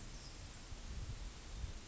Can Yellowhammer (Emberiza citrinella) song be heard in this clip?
no